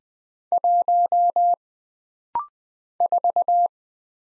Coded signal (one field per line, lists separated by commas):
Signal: Morse code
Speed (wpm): 20 wpm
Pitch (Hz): 700 Hz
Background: none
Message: 1 4